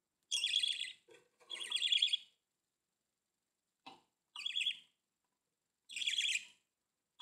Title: Budgie Sounds